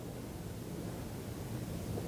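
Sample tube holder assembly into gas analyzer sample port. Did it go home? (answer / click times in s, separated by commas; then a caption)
no / none. A decontaminated sample tube holder assembly is handled at the sample port of a Smiths Detection GasID gas analyzer, over steady broadband noise with low rumble and no distinct impacts. Nothing has seated or clicked yet; the fitting has not snapped into place.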